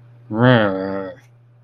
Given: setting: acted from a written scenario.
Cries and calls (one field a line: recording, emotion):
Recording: vocal sound without words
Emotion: contempt